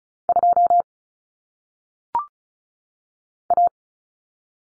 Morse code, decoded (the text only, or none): 2 A